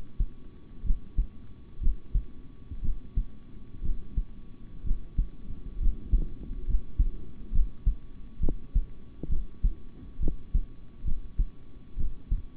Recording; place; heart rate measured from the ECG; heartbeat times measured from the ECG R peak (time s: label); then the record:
heart sounds by stethoscope; between the tricuspid and mitral areas; 65 bpm
0.83 s: heartbeat
1.80 s: heartbeat
2.81 s: heartbeat
3.82 s: heartbeat
4.83 s: heartbeat
5.79 s: heartbeat
6.66 s: heartbeat
7.51 s: heartbeat
8.40 s: heartbeat
9.28 s: heartbeat
10.19 s: heartbeat
11.04 s: heartbeat
11.96 s: heartbeat
From the record:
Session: rest, sitting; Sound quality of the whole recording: good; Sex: male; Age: 26 years